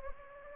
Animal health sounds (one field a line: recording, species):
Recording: mosquito wingbeat signal from an infrared sensor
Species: Anopheles gambiae